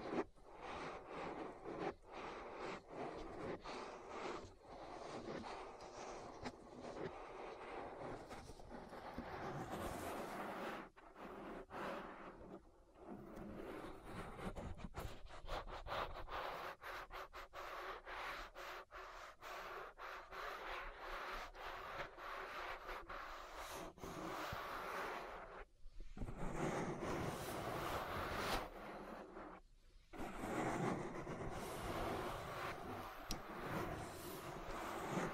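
An ear massage made of dense, continuous rubbing and scratching that fills the whole 35 seconds, its texture shifting in bursts with frequent brief dropouts. The sound sits mostly in the middle and upper range, with a few short pauses near 11, 13, 26 and 30 seconds.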